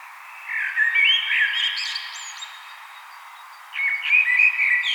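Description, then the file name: Common blackbird song: a mellow warbled phrase with squeaky high notes, a short pause, then another fluted phrase begins. "Turdus merula"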